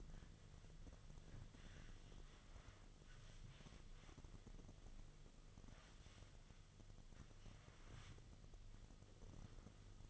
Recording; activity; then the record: daily activity, microphone in the room; wipe stove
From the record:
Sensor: 4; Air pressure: 1005.6 hPa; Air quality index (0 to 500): 109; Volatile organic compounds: 3 ppm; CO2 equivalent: 1364 ppm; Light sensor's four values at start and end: 12/26/10/10 and 12/27/11/10